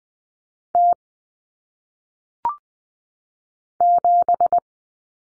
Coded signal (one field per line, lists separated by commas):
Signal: Morse code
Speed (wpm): 20 wpm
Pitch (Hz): 700 Hz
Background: none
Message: T 7